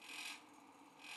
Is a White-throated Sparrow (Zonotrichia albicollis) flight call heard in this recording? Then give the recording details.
no. No flight call is heard. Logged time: 08:04 on 5 December 2014